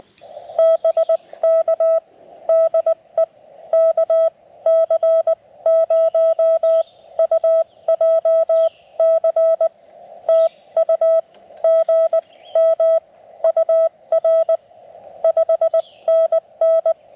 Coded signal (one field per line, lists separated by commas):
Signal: Morse code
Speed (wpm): 19 wpm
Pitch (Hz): 1310 Hz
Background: none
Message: BK DE KC0UJC TU GM UR 5NN